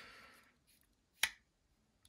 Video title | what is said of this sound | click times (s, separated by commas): Installing Skiff Bearings into 4 Knives | there i heard a good click let me make sure nothing's wrong | 1.2 s